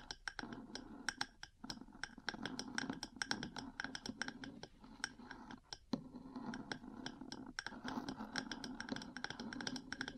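Metal parts tap and scratch in a busy, irregular stream of sharp clicks, several per second, with brief pauses near 1.5, 5.8 and 7.6 seconds. Beneath the bright ticks runs a steady low scraping rumble, giving a cluttered, rattling texture throughout.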